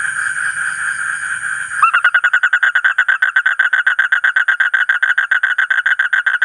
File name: suara kodok bangkong kolong kodok buduk